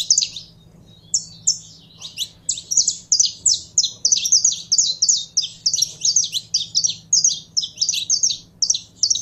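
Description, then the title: Belgian canary song: after a short quiet start, a fast, high-pitched run of rolling, chattering trills that goes on almost without pause, over a faint low hum. Song of a purebred Belgian canary. "Canto Do Canário Belga Puro"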